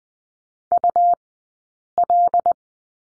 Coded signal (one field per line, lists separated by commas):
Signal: Morse code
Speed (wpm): 20 wpm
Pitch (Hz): 700 Hz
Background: none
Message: UL